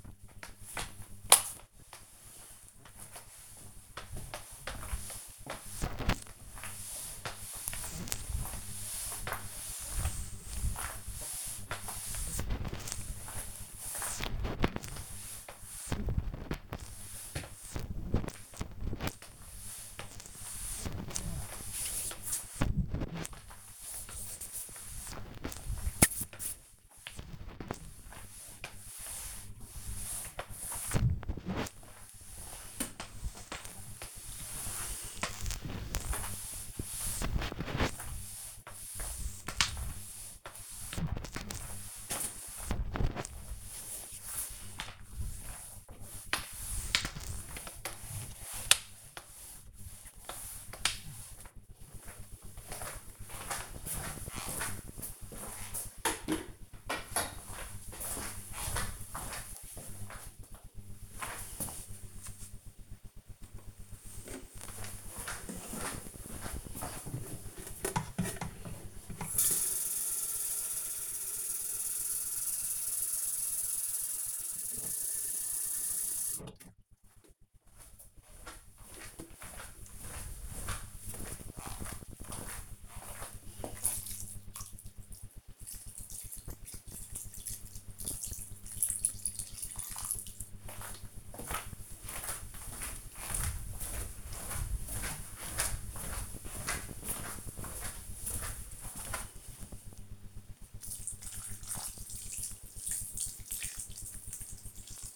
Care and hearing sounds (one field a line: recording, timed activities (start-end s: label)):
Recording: household activities, microphone on the right wrist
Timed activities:
0.00-51.87 s: floor cleaning
62.93-105.16 s: watering plant